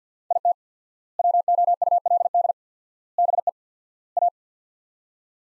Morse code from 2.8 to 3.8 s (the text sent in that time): BE